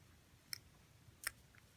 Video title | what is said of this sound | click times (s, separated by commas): "How to" Rdunae-Rectangula 6105-8000 complete build | it snap in like that | 0.5 s